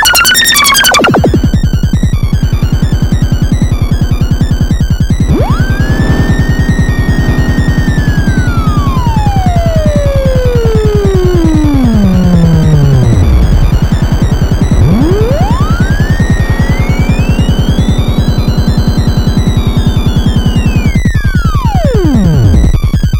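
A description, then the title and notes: Hard blips in a rapid, steady train run the whole way, over a constant mix of environmental sound. A bright burst opens the clip, then a whistling tone sweeps up, holds, and glides down around 13 seconds before rising higher and falling again. The transmissions are a mix of environmental sounds and these hard blips.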